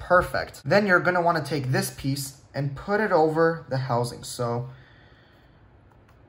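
Someone talks while getting ready to fit a plastic cover piece over the motor housing of a broken electric salt grinder being repaired. The speech ends around 4.7 s, followed by quiet with two faint soft ticks near 5.9 s and 6.1 s. The cover has not seated or clicked onto the housing yet.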